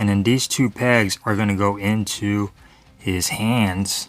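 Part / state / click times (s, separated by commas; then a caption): plastic pegs into the action figure's hands / not seated / none. Two plastic pegs on the rear car section of a Studio Series 86 Buzzworthy Bumblebee Cliffjumper action figure are about to be pushed into the figure's hands during transformation. Someone talks throughout the clip, with a short quiet pause near the middle. Nothing has seated or clicked yet.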